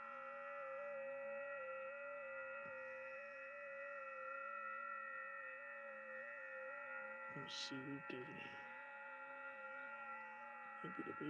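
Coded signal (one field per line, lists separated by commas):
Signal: FT8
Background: speech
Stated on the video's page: Live FT8 during a POTA park activation using secondhand QRP radios bought at a hamfest.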